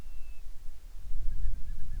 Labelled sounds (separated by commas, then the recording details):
bird, wind
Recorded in the Prudhoe Bay oil fields, Alaska, on 25 July 2019 at 01:58
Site 11